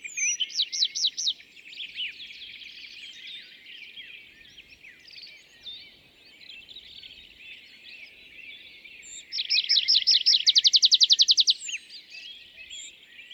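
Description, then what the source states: Tree pipit song phrases: a short run of repeated notes at the start, busy twittering in between, then a rapid, ringing trill near the end. Display song at an isolated tree at a meadow's foot; sings perched, rises in flight, parachutes down; days after arriving from migration; La Sarcena, Val Drôme, France; 27 April 2020; Nagra Seven, MKH40.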